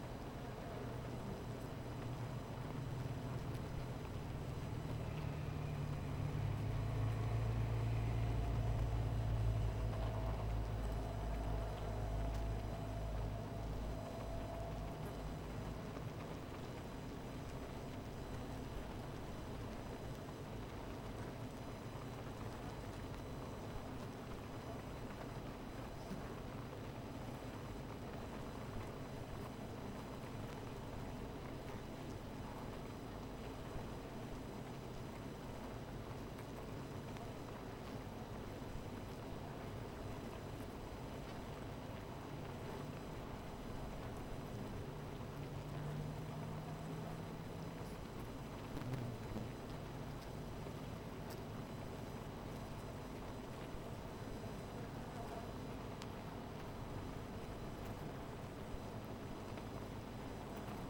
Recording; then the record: honeybee colony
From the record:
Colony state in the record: missing queen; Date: 14 July 2017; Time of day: 17:12